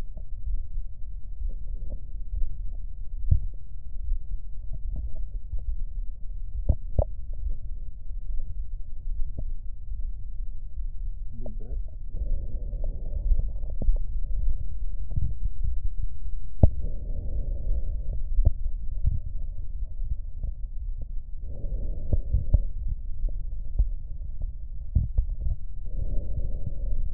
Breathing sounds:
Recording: lung sounds by stethoscope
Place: right posterior basal chest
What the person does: quiet breathing, then deep breathing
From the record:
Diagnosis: none (healthy)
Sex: male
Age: 30 years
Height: 190 cm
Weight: 88 kg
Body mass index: 24.4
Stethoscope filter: extended mode

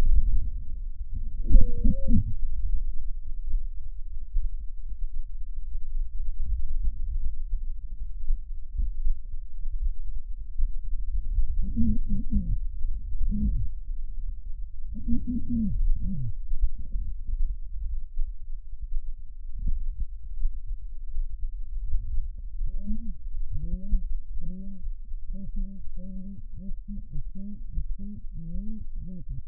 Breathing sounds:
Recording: lung sounds by stethoscope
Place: right posterior basal chest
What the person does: quiet breathing, then cough and speech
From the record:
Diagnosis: pulmonary infection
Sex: female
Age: 74 years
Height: 160 cm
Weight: 66 kg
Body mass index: 25.8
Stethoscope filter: bell mode

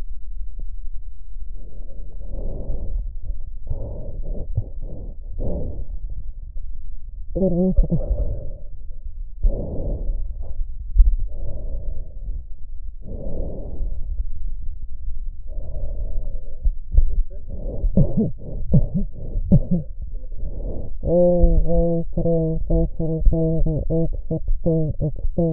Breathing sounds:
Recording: lung sounds by stethoscope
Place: left posterior basal chest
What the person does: quiet breathing, then cough and speech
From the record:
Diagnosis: interstitial lung disease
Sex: female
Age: 72 years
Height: 158 cm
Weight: 69 kg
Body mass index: 27.6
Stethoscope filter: extended mode

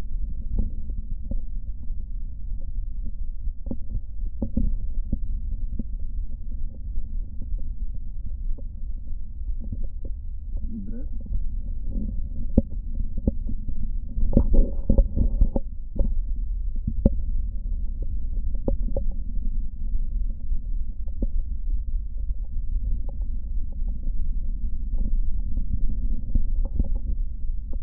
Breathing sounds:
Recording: lung sounds by stethoscope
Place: right posterior apical chest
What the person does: quiet breathing, then deep breathing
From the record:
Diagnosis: none (healthy)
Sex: male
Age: 23 years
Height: 185 cm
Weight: 93 kg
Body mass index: 27.2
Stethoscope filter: diaphragm mode

